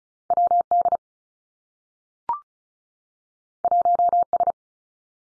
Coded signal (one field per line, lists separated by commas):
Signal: Morse code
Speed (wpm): 36 wpm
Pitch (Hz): 700 Hz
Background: none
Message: W D 1 S